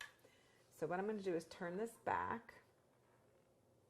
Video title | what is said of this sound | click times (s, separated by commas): Top 10 Best Waffle Maker 2022 | And to close it, you just close it until it locks into place. | 0.0 s